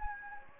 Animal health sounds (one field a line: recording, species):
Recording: mosquito wingbeat signal from an infrared sensor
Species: Anopheles gambiae